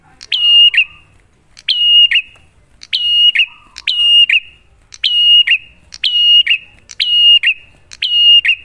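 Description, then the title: Prinia song: paired high, metallic chirps with a ringing tail, delivered in quick regular bursts with brief pauses between. Duet of Cililin and Kapas Tembak; prinia lure song described as clear-voiced and energetic (gacor). "Masteran Duet Cililin Vs Kapas Tembak. Pancingan Prenjak Gacor Suara Jernih"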